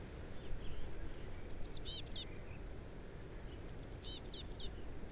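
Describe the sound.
Eurasian blue tit producing two brief runs of four or five high, piercing, evenly spaced notes, separated by about a second and a half of quiet hiss.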